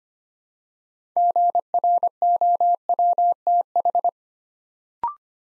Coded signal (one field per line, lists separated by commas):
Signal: Morse code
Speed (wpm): 25 wpm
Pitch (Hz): 700 Hz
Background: none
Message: GROWTH